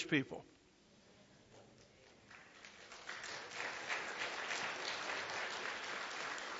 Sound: clapping